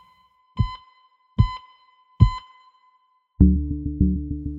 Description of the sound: The beeping of alarms and the beeping of pulse oximetry.